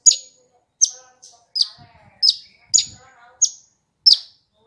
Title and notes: Kicau Burung Branjangan